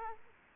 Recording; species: mosquito wingbeat signal from an infrared sensor; Aedes aegypti